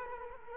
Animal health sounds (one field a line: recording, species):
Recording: mosquito wingbeat signal from an infrared sensor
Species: Culex quinquefasciatus